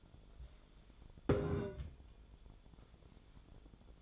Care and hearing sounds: daily activity, microphone in the room; take from stove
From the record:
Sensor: 5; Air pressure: 1010.1 hPa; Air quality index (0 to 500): 149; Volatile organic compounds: 3 ppm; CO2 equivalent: 1452 ppm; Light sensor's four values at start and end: 263/635/272/301 and 265/636/274/304

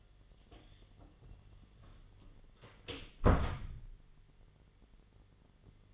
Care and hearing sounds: daily activity, microphone in the room; close door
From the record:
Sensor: 4

